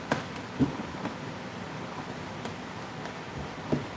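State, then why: Seated. A plastic body trim piece on a kids ride-on car is lined up by its clips from one side and pressed in, working around the piece. A sharp click is heard at 0.1 s, with fainter knocks later over a steady background hiss. The trim clips seat into place.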